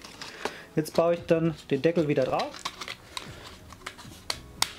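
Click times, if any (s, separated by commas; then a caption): 4.3 s, 4.6 s. Someone talks while the plastic roof of a model railway coach is pressed back onto the coach body after a decoder has been fitted, with a few light handling taps. Two sharp snaps at 4.3 s and 4.62 s mark the roof clicking home, cleanly latched.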